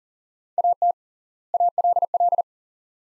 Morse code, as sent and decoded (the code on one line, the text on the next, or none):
.- - / .- .-.. .-..
AT ALL